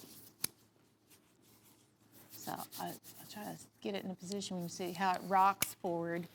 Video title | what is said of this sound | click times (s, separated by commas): Broadcast Program - Sat, Jan 11 | you just push that up it releases the blade | 0.4 s